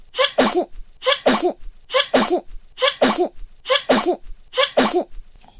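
An adult sneezing six times in quick, regular succession, about once a second. Each sneeze is a brief intake followed by a sharp, explosive burst.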